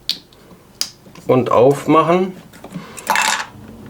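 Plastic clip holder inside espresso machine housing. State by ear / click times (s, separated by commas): released / 0.1 s, 0.8 s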